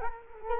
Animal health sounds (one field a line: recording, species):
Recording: mosquito wingbeat signal from an infrared sensor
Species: Culex quinquefasciatus